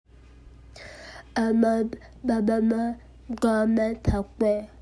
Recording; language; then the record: elicited speech; Bengali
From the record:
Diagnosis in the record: Broca's or global aphasia after a stroke